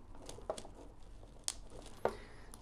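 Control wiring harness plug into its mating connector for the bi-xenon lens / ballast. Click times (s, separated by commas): 1.5 s, 2.1 s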